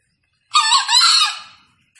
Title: Panggilan Ayam Hutan Liar. Ayam Hutan Hijau Dilepas Bebas n Bunyi Gacor Diatas Pohon